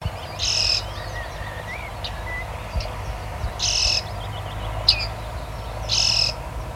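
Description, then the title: Bearded reedling calls, three short bright ringing notes spaced a few seconds apart, over a low steady rumble. "La Mésange à moustaches (Panurus biarmicus)"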